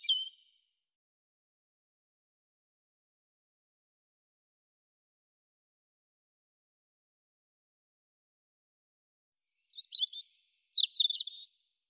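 European robin song: a brief fragment at the start, then a long silence before a single short phrase of high, jumbled twittering notes.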